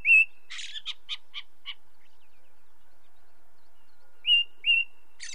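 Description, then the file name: Ring ouzel song: a single fluty note, then a quick dry chattering series, followed after a pause by two clear piping notes and a final harsh note. Light natural background noise. "belozobij drozd na fone legkij shum prirodi"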